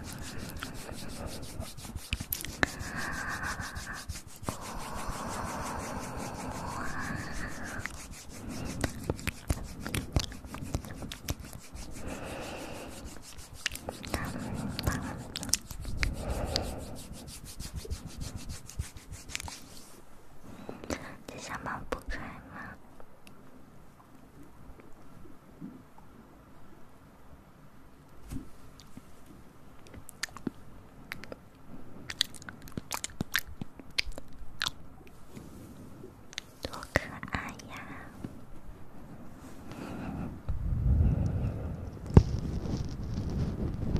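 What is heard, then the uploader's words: Dense rubbing and scraping on wood, busy for the first twenty seconds with clicks and rasps, then sparser ticks and a low thump near forty seconds. TimASMR - play with your ears.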